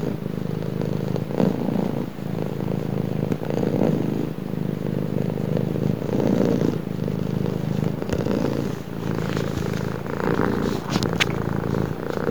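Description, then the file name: Cat purring, a steady low rumbling throb that continues throughout, with faint clicks and rustles near the end. "Katzenmix"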